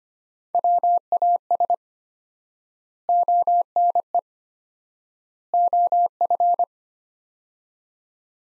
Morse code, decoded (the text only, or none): WAS ONE OF